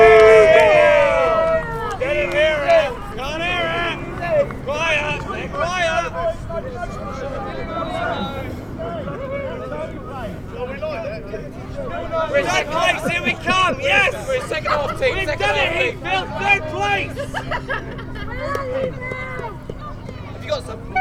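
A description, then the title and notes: Crowd at a rugby match in Folkstone: many voices talking and calling at once, a steady dense babble with a low hum underneath. Rugby Match at Folkstone.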